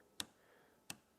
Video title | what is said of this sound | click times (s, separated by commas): Unboxing & Assembly: Hyundai HYMT5200X 52cc Petrol Garden Multi Tool | and it snaps back in the groove that would be the correct adjustment | 0.2 s, 0.9 s